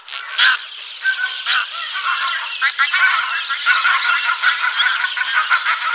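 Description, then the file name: Pink-footed goose flock calls, a loud continuous babble of honks with occasional sharper yelps rising above the chorus. "Anser brachyrhynchus"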